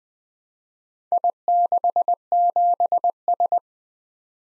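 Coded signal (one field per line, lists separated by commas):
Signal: Morse code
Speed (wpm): 24 wpm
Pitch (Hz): 700 Hz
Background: none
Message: I67S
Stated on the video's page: Computer-generated Morse practice of four-character letter-number groups in Speed-Racing format, starting fast and slowing to a 20 wpm base; fastest speed is 1.5x the slowest.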